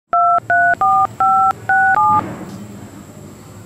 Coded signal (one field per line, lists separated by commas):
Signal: DTMF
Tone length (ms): 280 ms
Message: 234567